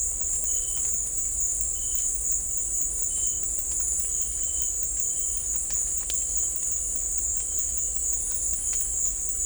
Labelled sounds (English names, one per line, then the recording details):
none
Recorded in dense forest near Puerto Asís, Putumayo, Colombia, on 18 December 2024 at 17:00
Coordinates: 0.500, -76.322
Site G053